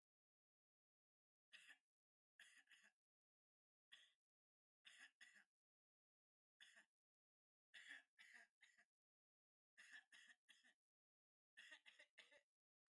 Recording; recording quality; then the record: heavy voluntary cough; excellent, no background noise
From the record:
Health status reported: healthy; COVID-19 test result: not tested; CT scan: not taken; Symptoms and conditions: none ticked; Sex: male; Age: 24 years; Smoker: no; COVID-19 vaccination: both doses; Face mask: not worn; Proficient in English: yes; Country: India